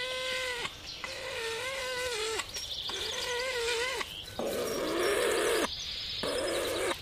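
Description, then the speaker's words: Weka calls: drawn-out, nasal, harmonic wails, each up to about a second and a half long, given in a repeated series, with the last ones rougher and lower. Male calling both to attract his female to pass on a bit of meat and to warn a rival encroaching on his territory. "There was that one call there that fits two situations. One, he was trying to attract his female to pass on that little bit of meat."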